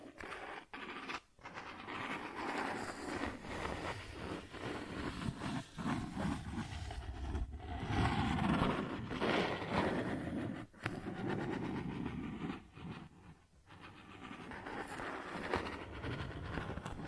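Cardboard is scratched and torn in a dense, rough, continuous rasp that fills low to bright tones with little letup. Brief gaps break it near the start, around eleven seconds and at about thirteen seconds, with the scraping softening slightly after.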